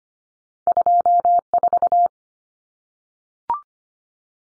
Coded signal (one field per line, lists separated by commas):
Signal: Morse code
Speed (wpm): 25 wpm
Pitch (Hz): 700 Hz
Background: none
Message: 24